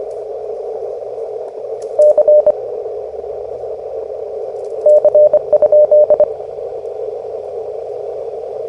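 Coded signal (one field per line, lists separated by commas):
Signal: Morse code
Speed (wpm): 22 wpm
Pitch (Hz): 600 Hz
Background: radio noise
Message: C C?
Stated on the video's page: Morse Runner contest simulator used as a game for CW copy practice.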